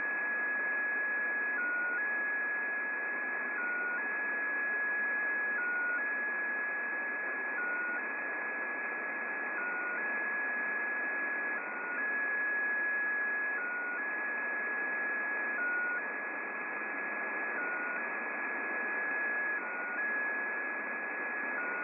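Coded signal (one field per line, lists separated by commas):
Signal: unidentified radio signal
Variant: XPA2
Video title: XPA2 Spy Station 13538KHZ (Data) transmission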